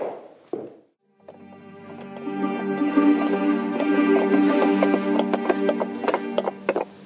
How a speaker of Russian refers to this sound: Но, прощай, я слышу на заднем дворе топот и ржание коней.